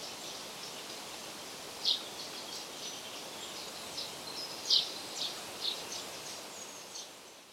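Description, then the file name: Common chaffinch calling with brief, sharp high notes, two standing out clearly among fainter ones, against constant background hiss. "Fringilla coelebs"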